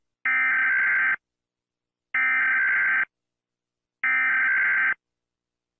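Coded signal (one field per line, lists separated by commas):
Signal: Emergency Alert System (SAME) tones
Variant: header bursts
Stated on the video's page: Sound effect of US EAS alarm, not a real broadcast.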